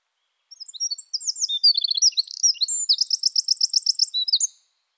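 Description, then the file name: Eurasian wren singing a four-second burst of high, hurried twittering, a short buzzy trill early on, then a long, even rattling trill before a final flourish. "Troglodytes troglodytes"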